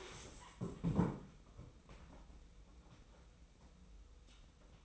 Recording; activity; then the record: daily activity, microphone in the room; stand up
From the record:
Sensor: 1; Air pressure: 990.5 hPa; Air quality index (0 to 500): 153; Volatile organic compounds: 1000 ppm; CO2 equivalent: 5559 ppm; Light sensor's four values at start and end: 31/71/30/33 and 31/71/31/33